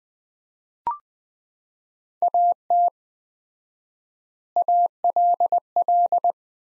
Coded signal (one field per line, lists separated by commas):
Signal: Morse code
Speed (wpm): 20 wpm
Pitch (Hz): 700 Hz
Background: none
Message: AT ALL